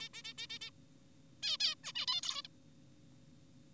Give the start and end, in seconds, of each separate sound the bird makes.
0.00-0.09, 0.14-0.22, 0.25-0.34, 0.38-0.47, 0.50-0.59, 0.61-0.71, 1.43-1.57, 1.60-1.75, 1.84-1.92, 1.95-2.06, 2.08-2.21, 2.23-2.42, 2.44-2.48